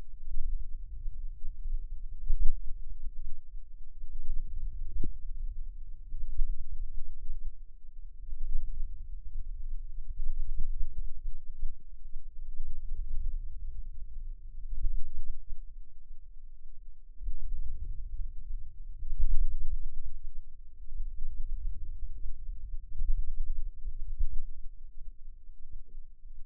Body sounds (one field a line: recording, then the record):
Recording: forearm muscle sounds (acoustic myography)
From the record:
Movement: wrist extension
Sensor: system 2, bracelet of six BSWA MPA416 microphones around the upper forearm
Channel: 2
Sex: female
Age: 22 years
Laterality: right